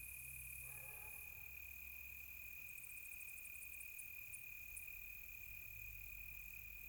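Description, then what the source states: Crickets trilling steadily at a high pitch; a brief lower call sounds near the start and a run of quick faint ticks follows midway. Crickets recorded close on a quiet tropical night.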